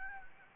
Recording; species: mosquito wingbeat signal from an infrared sensor; Anopheles gambiae